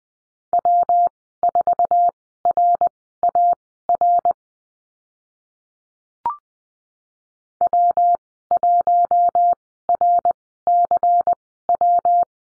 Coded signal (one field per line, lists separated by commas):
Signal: Morse code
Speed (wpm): 20 wpm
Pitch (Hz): 700 Hz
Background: none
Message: W4RAR W1RCW